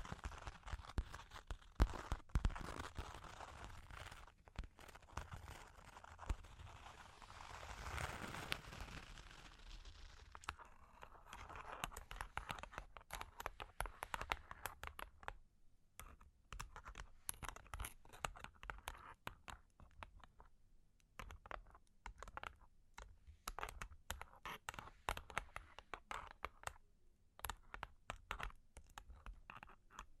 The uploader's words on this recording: Long Claws Tapping and Scratching (No Talking).